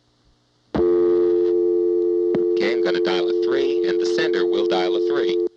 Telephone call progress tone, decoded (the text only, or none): dial tone